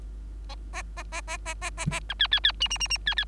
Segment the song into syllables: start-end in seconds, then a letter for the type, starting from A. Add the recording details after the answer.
0.73-0.82 A, 0.96-1.03 A, 1.12-1.21 A, 1.27-1.37 A, 1.45-1.54 A, 1.61-1.70 A, 1.77-1.86 A, 1.90-2.00 A, 2.09-2.14 B, 2.19-2.27 C, 2.31-2.40 C, 2.44-2.52 C, 2.60-2.68 D, 2.70-2.78 D, 2.80-2.88 D, 2.90-2.98 D, 3.06-3.15 C, 3.17-3.25 C. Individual Bird3